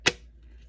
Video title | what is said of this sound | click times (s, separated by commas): Tricks using the Creative Memories Border Maker System and Punches | kind of clicks into place there and then I'm going to take my two and a half inch strip open | 0.1 s